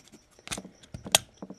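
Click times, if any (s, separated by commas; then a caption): 1.1 s. The plastic upper body piece of a Transformers Generations Deluxe Orion Pax action figure is set down and pressed into the transforming figure's body during transformation, with soft plastic handling taps and rustles first. One sharp, loud click at 1.2 s marks the piece locking into place, seated, followed by a few quieter handling sounds.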